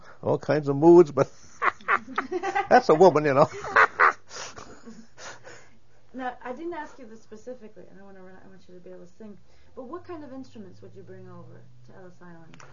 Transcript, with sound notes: All kinds of moods, but that's a woman, you know. (They laugh.)
Now, I didn't ask you this specifically, I don't want to run out, I want you to be able to sing, but what kind of instruments would you bring over to Ellis Island?